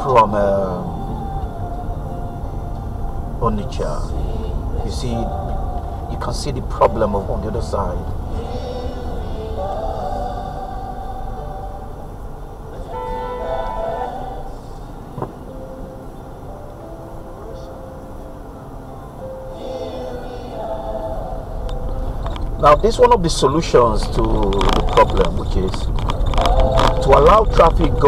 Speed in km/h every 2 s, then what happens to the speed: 29, 29, 26, 21, 16, 15, 13, 13, 11, 13, 15, 19, 23, 26.
2-15 slows to 11. 19-28 speeds up to 26.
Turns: none.